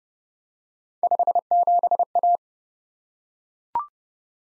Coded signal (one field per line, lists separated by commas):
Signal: Morse code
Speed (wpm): 30 wpm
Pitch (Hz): 700 Hz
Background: none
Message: 57A